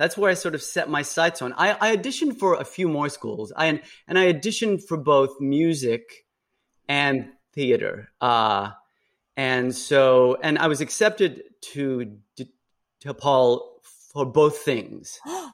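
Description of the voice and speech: An adult woman speaks in an interview with stuttering: prolongations and blocks, with long pauses before words such as "theater" and "DePaul". She is a theater department head who has stuttered since about age 3 and had about 10 years of speech therapy as a child.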